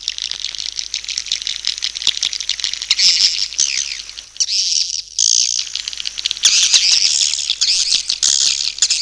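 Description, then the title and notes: Swiftlet chirping calls, a dense, high-pitched twittering chorus that surges and dips, with one brief quiet break midway and no other clear sounds. Swiftlet sound used for swiftlet farming in Asia. "Swiflet Bird Sound. Farming Swiflet Bird asia sound"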